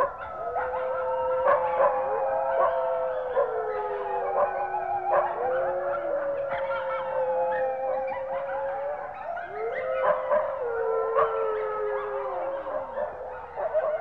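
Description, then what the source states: Coyotes howling together, several long overlapping howls that slide up and down. A coyote pack howling together.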